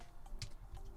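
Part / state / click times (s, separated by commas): plastic torso panel of a transforming action figure onto its body peg / seated / 0.4 s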